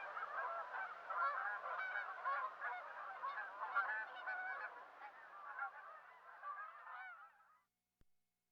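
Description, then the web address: Canada goose flock honking, many overlapping nasal honks in a dense chorus, fading out after about seven seconds. Western North America. "Dan Gibson Wildlife Identification By Sound, Western North America. Canada Goose"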